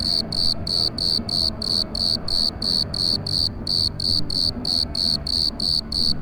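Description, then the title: Grasshopper producing rhythmic high buzzy chirps about three per second, steady throughout, over a low rumbling din of festival noise. Aix-les-Bains, Savoie, France; took 10 minutes to locate; hidden unseen in a gutter by a kerb in the shade of a street lamp; loud festival music and crowd 500 m away; many reflective surfaces; Zoom H4 recorder on road. "Rue Jacques Cartier, Puer, Aix-les-Bains, Savoie, Auvergne-Rhône-Alpes, France métropolitaine, 73100, France - Criquet acousmatique"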